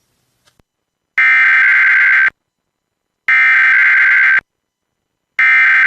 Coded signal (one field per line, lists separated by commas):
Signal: Emergency Alert System (SAME) tones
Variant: header bursts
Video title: Weekly test filled? (EAS 3) (Please watch this video and read the description)